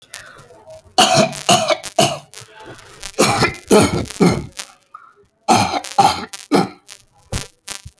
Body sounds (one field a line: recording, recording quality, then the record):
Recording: heavy voluntary cough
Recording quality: excellent, no background noise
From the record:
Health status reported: healthy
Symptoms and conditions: none ticked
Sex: female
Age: 30 years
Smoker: not ticked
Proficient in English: yes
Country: India